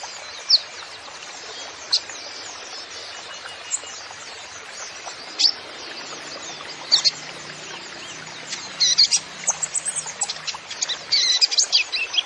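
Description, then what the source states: Kolibri Ninja song: scattered thin, high chirps every second or two, then a quick burst of rapid high twittering near the end. Masteran recording used to train songbirds, full of 'isian' fill-in and 'tembakan' shot song phrases, meant as 'pancingan' to prompt other birds; bird described as 'gacor', singing persistently.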